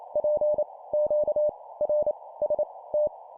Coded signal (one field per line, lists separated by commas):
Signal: Morse code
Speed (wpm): 28 wpm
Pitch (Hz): 600 Hz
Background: none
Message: P Q R S T